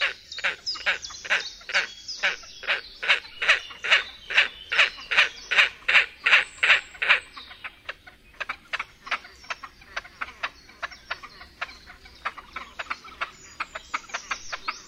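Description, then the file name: Great crested grebe gives a long, regular train of loud, grating barks, about two to three per second, becoming softer toward the end. "PERKOZ DWUCZUBY"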